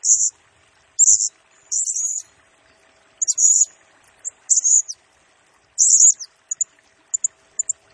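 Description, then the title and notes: Blue-crowned hanging parrot with loud high squeaky bursts at irregular intervals, some drawn out, closing with a string of tiny sharp ticks. Used as a lure and for training, provoking other birds; the singing bird is in full voice (gacor) and fires rapid bursts (nembak). "Burung Serindit Nembak Gacor Bikin Emosi Semua Burung. Suara Nasteran Dan Pemikat Burung Serinditan Gacor"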